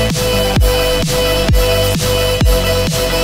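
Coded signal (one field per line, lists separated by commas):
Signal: none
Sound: musical beeps in a song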